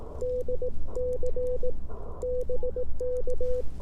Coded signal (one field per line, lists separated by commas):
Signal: Morse code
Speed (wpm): 18 wpm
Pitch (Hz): 500 Hz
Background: none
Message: DC BK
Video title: 18 WPM CW POTA Post Marine Corps Marathon Volunteering (I stood and watched others run) with N0SA M7